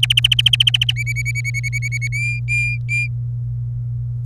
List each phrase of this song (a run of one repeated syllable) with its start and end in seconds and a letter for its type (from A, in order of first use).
0.03-0.92 A, 0.96-2.08 B, 2.12-3.08 C